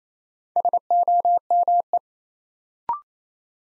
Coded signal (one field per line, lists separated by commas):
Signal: Morse code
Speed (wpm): 28 wpm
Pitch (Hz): 700 Hz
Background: none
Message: SOME